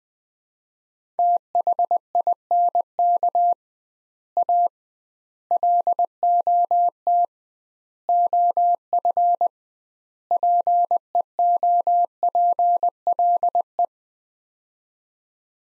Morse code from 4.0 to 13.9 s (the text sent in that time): A LOT OF PEOPLE